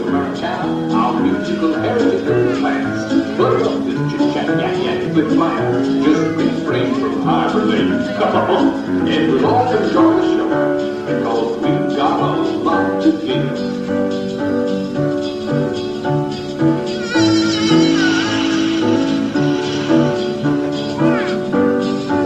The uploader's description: a trip to Disneyland